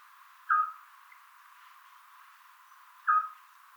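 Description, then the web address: Eurasian scops owl giving two short whistled notes about two and a half seconds apart over quiet background hiss. "otus scops call"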